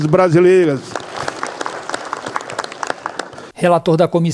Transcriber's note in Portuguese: Palmas